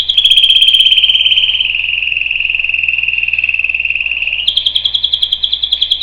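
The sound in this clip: Canary trilling rapidly: a bright high trill drops into a steady lower rolling tour, then jumps back up to a sharper trill near the end.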